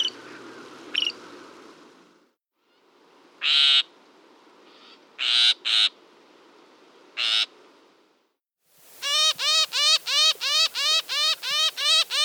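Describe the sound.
Northern shrike calls: after scattered loud rasping bursts over a hissy background, a steady run of harsh nasal notes about three per second.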